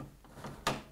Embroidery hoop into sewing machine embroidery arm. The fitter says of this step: it in until it clicks